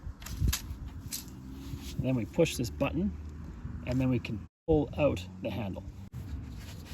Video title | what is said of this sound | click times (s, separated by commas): The Fiskars Pole Saw & Pruner: The Tool That Will Level Up Your Gardening Game! | To extend it, we open this lock clip right here. | 0.5 s